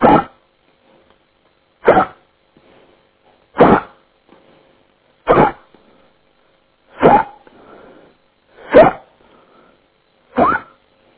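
Seven sharp, brief vocal gulps, about 35 a minute, steadily spaced: repeated hiccups from an adult man, heard over a phone line.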